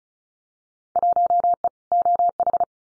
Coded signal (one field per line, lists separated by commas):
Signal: Morse code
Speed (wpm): 36 wpm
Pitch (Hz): 700 Hz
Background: none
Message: 1E OH